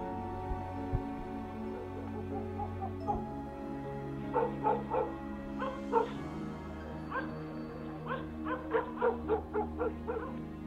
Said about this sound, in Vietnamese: Giữa đêm khuya, tiếng cuốc bổ vào cánh cửa cứ bồm bộp, làm cho con chó vàng đang nằm ở ngoài hiên cũng vùng dậy, sủa lên điên loạn.